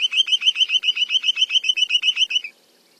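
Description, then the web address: Spotted sandpiper giving a rapid, evenly spaced run of many sharp high whistled notes for about two and a half seconds, then silence. "Songs of Birds of North America Stokes. Spotted Sandpiper"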